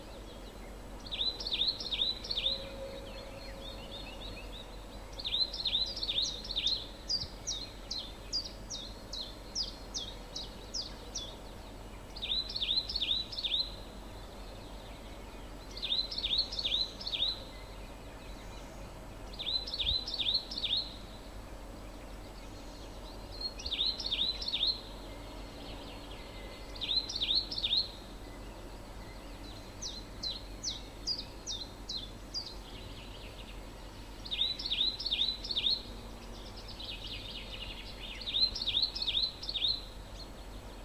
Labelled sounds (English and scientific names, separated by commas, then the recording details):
Marsh Tit (Poecile palustris)
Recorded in the wild
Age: adult
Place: Villach, Kärnten, AT
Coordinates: 46.591, 13.824
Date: 1972-04-29
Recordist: Brunner, Thomas